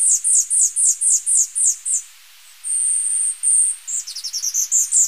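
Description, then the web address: Tanager finch giving a series of rapid high notes, a long thin steady whistle, then a run of sharp high notes that starts fast and slows. Ecuador. "Birds of Ecuador Tanager Finch"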